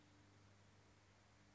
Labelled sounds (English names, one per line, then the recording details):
Nuttall's Woodpecker
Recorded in Sonoma County, California